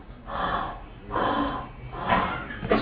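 Four loud, hollow, blowing breath-like bursts separated by short silent pauses. The in-breath is as long as the out-breath, with a gap between them. This is an adult's mouth imitation of bronchial breathing, the hollow breath sound heard over consolidated lung.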